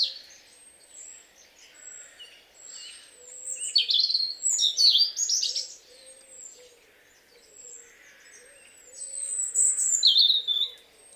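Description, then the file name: European robin singing high, sweet warbled phrases, loudest around four to five seconds and again near the end, over faint low repeated notes in the background. "Erithacus rubecula"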